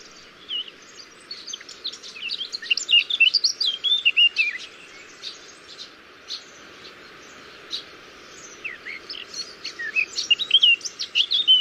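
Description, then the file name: Eurasian blackcap warbling song, rapid varied chattering and whistled notes in bursts of several seconds, over a steady low background hiss. "Sylvia atricapilla"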